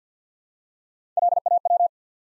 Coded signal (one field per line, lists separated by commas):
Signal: Morse code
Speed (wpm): 50 wpm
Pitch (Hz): 700 Hz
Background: none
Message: LAW